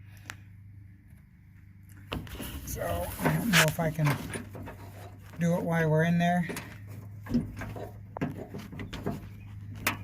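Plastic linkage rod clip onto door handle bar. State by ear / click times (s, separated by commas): not seated / none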